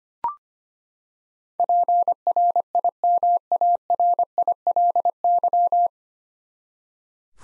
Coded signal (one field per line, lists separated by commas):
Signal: Morse code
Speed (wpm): 25 wpm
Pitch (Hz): 700 Hz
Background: none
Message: PRIMARILY